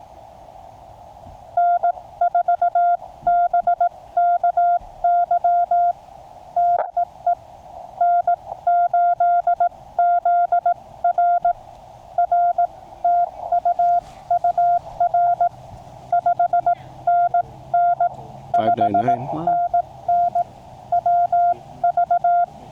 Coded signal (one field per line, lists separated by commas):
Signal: Morse code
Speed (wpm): 18 wpm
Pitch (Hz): 700 Hz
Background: none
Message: N4BKY TEE N8ZR R TU UR 5NN 5NN WV